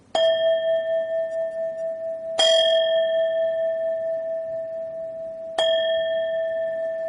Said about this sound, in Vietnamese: À, thành thử ra khi mình thỉnh tiếng chuông vậy, thỉnh cho nhẹ nhàng.